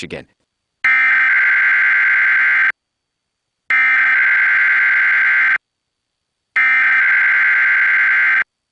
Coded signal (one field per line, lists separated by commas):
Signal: Emergency Alert System (SAME) tones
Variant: header bursts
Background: speech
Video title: WXYZ Emergency Alert System Test 10/19/15